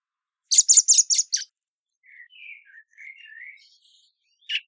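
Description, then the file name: Common blackbird calling: a fast series of five sharp, high chinking notes, then soft thin warbled phrases and one final chink. "Turdus merula"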